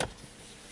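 A wiring clip is pushed into the instrument cluster of a 2003 Honda Odyssey during a dashboard light replacement. A single sharp click comes at 0.0 s, then the clip settles into a quiet, steady background hiss. The clip clicks in and is seated.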